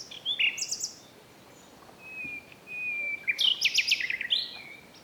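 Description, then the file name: Common nightingale song with rapid buzzy trills, a long pure whistle held for about a second, then a loud rattling burst of repeated notes. "Luscinia megarhynchos"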